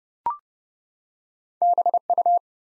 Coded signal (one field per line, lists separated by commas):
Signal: Morse code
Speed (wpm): 30 wpm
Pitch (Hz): 700 Hz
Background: none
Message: BU